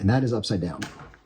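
Someone talks while handling a U-shaped plastic mounting bracket at the back of a folding VoxCast portable desktop teleprompter frame, having just found the bracket upside down. Nothing has seated or clicked into place yet.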